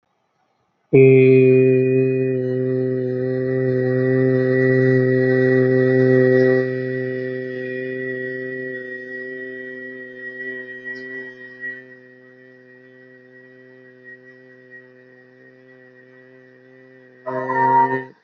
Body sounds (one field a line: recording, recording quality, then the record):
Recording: sustained vowel as in made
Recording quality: excellent, no background noise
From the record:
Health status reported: healthy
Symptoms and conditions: none ticked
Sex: male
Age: 36 years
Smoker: not ticked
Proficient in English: yes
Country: India